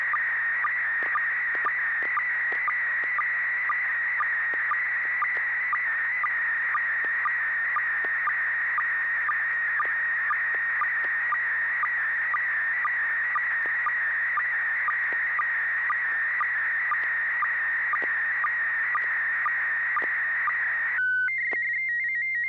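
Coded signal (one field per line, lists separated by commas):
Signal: SSTV (slow-scan television)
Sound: warbling tone around 2 kHz with regular short low ticks, then a steady tone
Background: radio hiss, low hum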